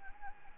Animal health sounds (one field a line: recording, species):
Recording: mosquito wingbeat signal from an infrared sensor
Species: Anopheles gambiae